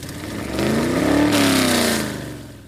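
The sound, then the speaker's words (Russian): The engine of a bright scarlet two-door car, called a Magobil, revs hard as the car speeds off from a standstill, its pitch climbing and then falling away over a couple of seconds, loud throughout with no talking. “Ярко-алый двудверный Магобиль Бенефиса стартанул с места с бешеным ревом кристаллов.”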